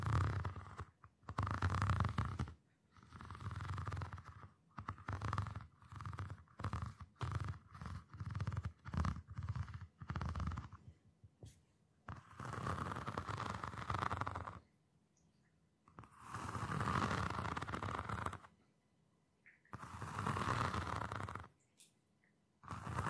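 Hand movements of tapping, scratching, squeezing and stroking. The first half is a run of quick, uneven rubbing and scratching bursts, each a second or less. Later come three longer, steady strokes around 13, 17 and 20 seconds, with short silent gaps between them.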